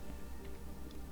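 A plastic strap is being handled at the ratchet buckle of a Rollerblade RB80 Pro inline skate boot, heard as faint, light ticking over a steady low hum. Nothing has seated or clicked in yet; the strap is not home.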